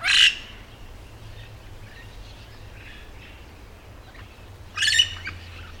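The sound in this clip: Yellow-shouldered parrot calls: a loud harsh squawk at the start and another near five seconds, faint chatter between, over a low hum.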